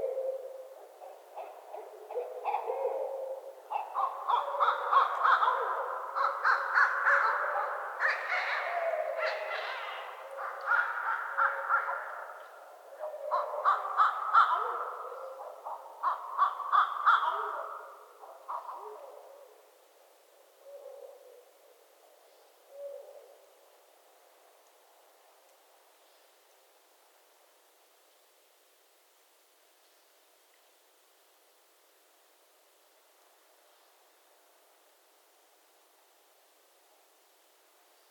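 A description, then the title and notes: Barred owls call in a loud, raucous chorus of hoots and cackles for twenty seconds, then fade to a few calls and quiet. Barred Owl Mating Season in Northern Michigan. I was a couple of miles away from where I wanted to record but heard the owls starting their calls so wanted to record them. The male barred owls become incredibly vocal during this period and create various sounds to draw in the female barred owls. They will use loud noises such as hooting, barking, and screaming in order to make their thoughts and feelings known.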